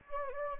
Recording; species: mosquito wingbeat signal from an infrared sensor; Anopheles gambiae